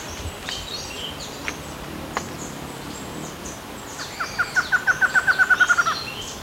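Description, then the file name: Bird call: after a few seconds of scattered high chirps, a fast run of many clipped, repeated notes. "SABIOD 50 bird 2015"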